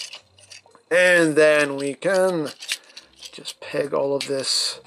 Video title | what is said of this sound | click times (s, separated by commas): Siege Leader ASTROTRAIN | like so until it clicks into place and | 0.0 s